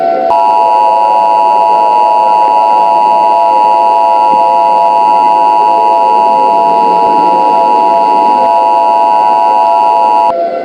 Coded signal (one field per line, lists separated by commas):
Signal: Emergency Alert System (SAME) tones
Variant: 853 and 960 Hz attention tone